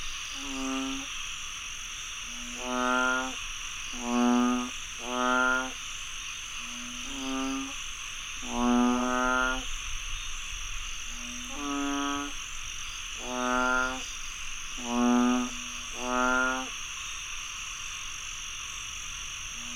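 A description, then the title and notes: Frogs croak after heavy rain, each call a low, pulsing burst lasting about a second, repeating roughly every one to two seconds with two or more frogs alternating. Behind them, a dense, steady bright hiss of insects fills the night without pause. Frogs croaking after heavy rainfall in Chiang Mai, Thailand. Recorded by Alex Boyesen.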